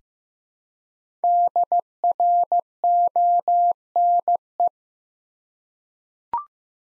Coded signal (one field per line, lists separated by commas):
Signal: Morse code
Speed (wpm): 15 wpm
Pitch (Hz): 700 Hz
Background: none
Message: DRONE